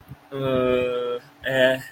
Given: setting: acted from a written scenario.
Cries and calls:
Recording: vocal sound without words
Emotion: embarrassment

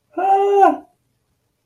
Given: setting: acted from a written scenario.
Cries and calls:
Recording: vocal sound without words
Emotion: elation

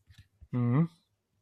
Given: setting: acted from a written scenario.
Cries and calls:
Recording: vocal sound without words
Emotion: neutral

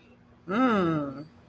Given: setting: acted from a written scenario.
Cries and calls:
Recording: vocal sound without words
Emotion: pride

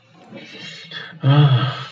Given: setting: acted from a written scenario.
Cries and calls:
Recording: vocal sound without words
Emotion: ecstasy

